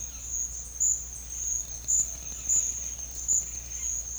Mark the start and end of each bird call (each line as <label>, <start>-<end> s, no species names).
bird call, 1.80-3.93 s